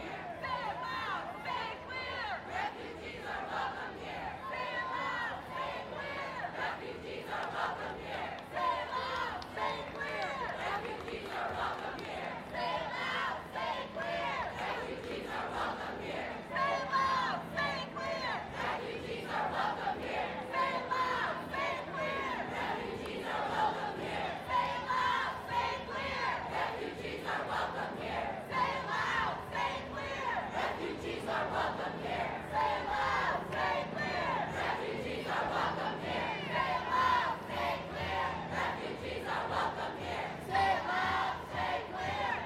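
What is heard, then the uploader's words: Voices from a women's march fill the whole stretch, a dense crowd of shouting and talking that never drops out. Rhythmic chant-like bursts repeat steadily, with louder rises near the middle and toward the end, over a constant low murmur. WOMXNS MARCH_raw_09 by Andy "soundeziner" Martin.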